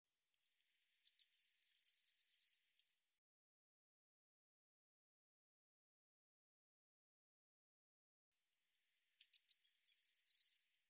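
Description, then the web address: Eurasian blue tit calls twice, eight seconds apart; each call is a couple of high, thin notes leading into a rapid, regular scolding trill of lower notes. "Deverinetal"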